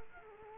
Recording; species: mosquito wingbeat signal from an infrared sensor; Culex quinquefasciatus